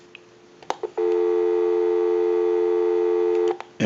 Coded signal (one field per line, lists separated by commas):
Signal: telephone call progress tone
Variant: North America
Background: speech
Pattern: dial tone